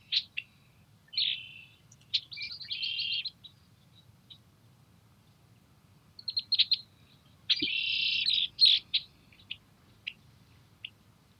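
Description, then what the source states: Red-winged blackbird singing twice, each song a few short notes leading into a raspy buzzing trill, with a single low knock just before the second trill. Nesting in cattails near a house in Montana; morning of April 21, 2022, after fresh snow; birds reacted to the furry-covered mic; Rode NTG-2 shotgun mic on boom pole, Zoom H4N recorder.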